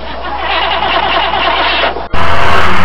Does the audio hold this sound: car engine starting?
yes